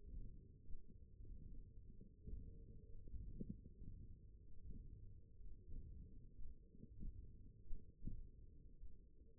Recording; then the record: forearm muscle sounds (acoustic myography)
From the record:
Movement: hand opening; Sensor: system 1, eight BSWA MPA416 microphones around the upper forearm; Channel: 4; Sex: female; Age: 21 years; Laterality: right